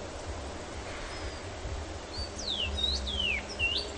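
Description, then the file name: Common rosefinch song: a short run of clear, sliding whistled notes over a steady low rumble of background noise. "Dmitry Kulakov - Obyknovennaya chechevica Carpodacus erythrinus (Zvyki com)"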